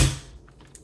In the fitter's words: and then you're locked in you can hear the uh the audible click of the law tactical folder once you do close it